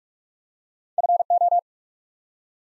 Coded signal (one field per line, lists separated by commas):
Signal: Morse code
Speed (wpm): 44 wpm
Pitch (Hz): 700 Hz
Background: none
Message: FO